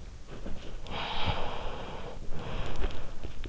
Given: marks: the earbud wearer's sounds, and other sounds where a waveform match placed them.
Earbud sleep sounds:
sounds in sleep by an in-ear microphone; breath
0.82-3.17 s: breath

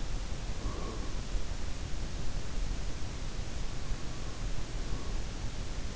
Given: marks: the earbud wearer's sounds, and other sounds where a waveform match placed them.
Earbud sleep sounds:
sounds in sleep by an in-ear microphone; breath
0.11-1.64 s: breath

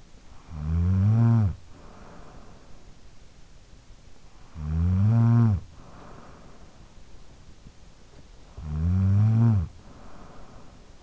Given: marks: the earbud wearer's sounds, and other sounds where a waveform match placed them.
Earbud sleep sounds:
sounds in sleep by an in-ear microphone; snoring breath
0.00-2.87 s: snoring breath
4.10-7.13 s: snoring breath
8.23-11.03 s: snoring breath

